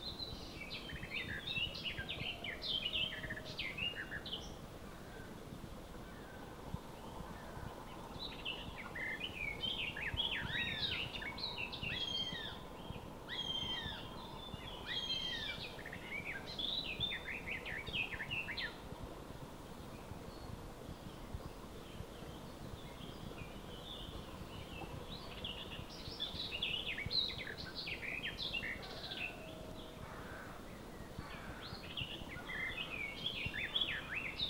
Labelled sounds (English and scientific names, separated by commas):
Garden Warbler (Sylvia borin) song